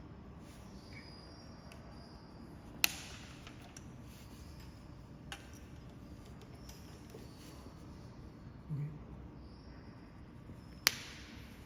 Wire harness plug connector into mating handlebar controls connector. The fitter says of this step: each connector align the notch to plug until you hear a clear click sound